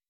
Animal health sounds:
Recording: hydrophone in a shrimp aquaculture tank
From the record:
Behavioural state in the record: weakened

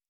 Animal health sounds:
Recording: hydrophone in a shrimp aquaculture tank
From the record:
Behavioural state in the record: normal

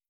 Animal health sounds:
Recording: hydrophone in a shrimp aquaculture tank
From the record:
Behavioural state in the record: stressed

